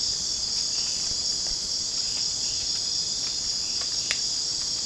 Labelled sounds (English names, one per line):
none